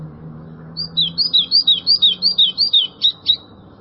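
White-throated seedeater song: a quick run of many clear, downward-slurred whistled notes, evenly repeated, over a faint low hum.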